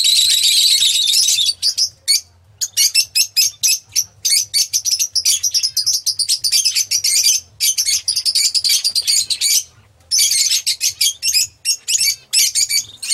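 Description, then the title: Oriental magpie-robin song, a dense, fast stream of high chattering and twittering phrases with brief pauses, continuing almost without break. "Kicau Kacer Durasi Panjang"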